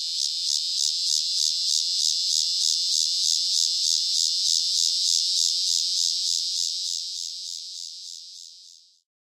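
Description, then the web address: Walker's cicada song: a high, pulsing buzz throbbing about three or four times a second, slowly fading and then stopping abruptly near the end. "The Songs of Insects. Walker's Cicada"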